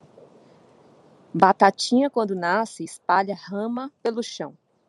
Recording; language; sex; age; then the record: short text; Brazilian Portuguese; female; 40 to 49 years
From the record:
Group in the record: control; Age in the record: 48 years